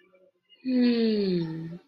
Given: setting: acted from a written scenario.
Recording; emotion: vocal sound without words; contentment